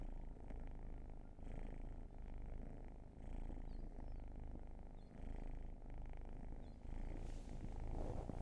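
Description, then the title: Cat gives a strong low purr, its rumble pulsing regularly with inhalations and exhalations throughout. Long purring session. "Purrathon"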